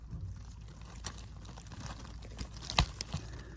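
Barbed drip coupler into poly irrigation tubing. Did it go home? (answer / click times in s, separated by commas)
yes / 2.8 s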